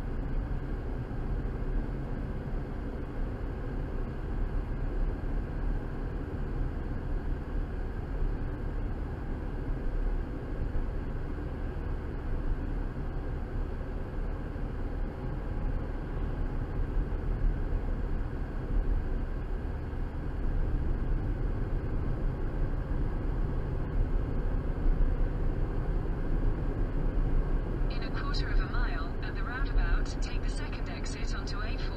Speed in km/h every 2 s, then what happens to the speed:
50, 48, 52, 53, 53, 53, 53, 55, 55, 53, 53, 55, 56, 61, 61, 60.
0-20 steady at about 53. 20-26 speeds up to 61. 26-32 steady at about 61.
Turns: none.